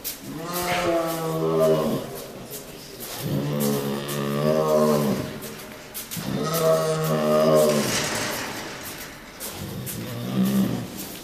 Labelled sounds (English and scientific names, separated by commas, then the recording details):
Tiger (Panthera tigris) growling
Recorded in captivity
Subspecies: tigris
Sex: male
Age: adult
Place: Tierpark Berlin, Berlin, DE
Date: 1997-01-12 12:33
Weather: wolkig bis heiter, -5°C
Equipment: Nagra SN, Kopie Uher 4000 Report Monitor
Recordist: Tembrock, Günter